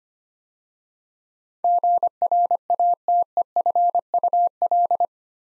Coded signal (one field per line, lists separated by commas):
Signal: Morse code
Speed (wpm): 25 wpm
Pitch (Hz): 700 Hz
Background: none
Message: GRATEFUL